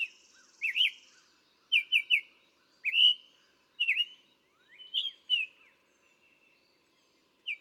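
Summer tanager singing short slurred whistled phrases, notes grouped in twos and threes with brief pauses.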